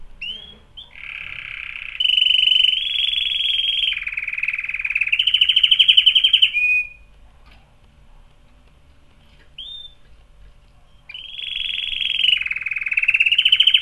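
Canary song: long rolling trills and buzzy rattling tours shifting between higher and lower pitches, broken by a pause with a single note, then resuming.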